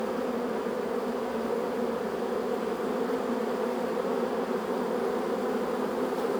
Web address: GDC 2017-Game Audio Bundle Sound Holder - Beehive bees hive exterior in front of landing zone